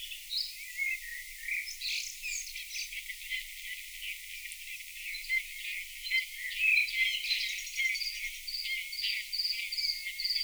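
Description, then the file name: Bluethroat song, a busy, varied stream of twittering notes, buzzes and short whistles with no long pauses, ending in a few repeated high notes. Played back. "Blaahals"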